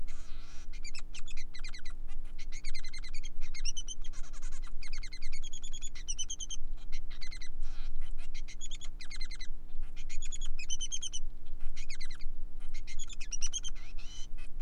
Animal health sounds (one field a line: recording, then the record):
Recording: song of a male Bengalese finch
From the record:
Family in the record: son of father 3